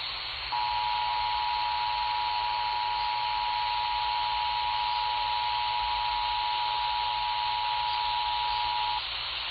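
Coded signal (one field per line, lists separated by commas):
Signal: Emergency Alert System (SAME) tones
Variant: 853 and 960 Hz attention tone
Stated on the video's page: EAS tests from NWS Memphis in Tennessee.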